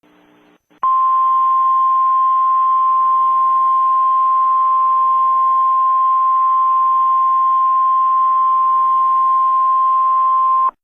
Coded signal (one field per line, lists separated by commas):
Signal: Emergency Alert System (SAME) tones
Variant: 1050 Hz attention tone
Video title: EAS Fog ADVISORY